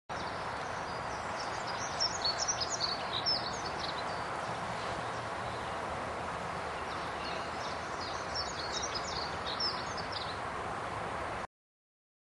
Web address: zakole wawerskie. pokrzywnica